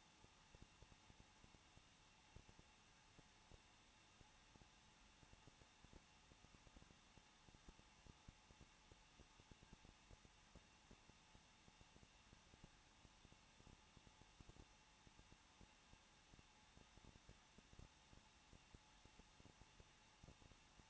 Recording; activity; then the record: daily activity, microphone in the room; no activity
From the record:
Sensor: 1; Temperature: 20.1 degrees Celsius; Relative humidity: 39.1%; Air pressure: 1006.4 hPa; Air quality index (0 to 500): 216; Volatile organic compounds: 73 ppm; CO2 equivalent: 3544 ppm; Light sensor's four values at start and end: 1/2/1/1 and 1/2/1/1